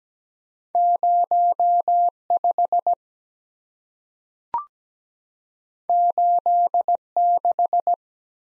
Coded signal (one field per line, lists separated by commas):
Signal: Morse code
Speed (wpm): 17 wpm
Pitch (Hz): 700 Hz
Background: none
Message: 0 5 8 6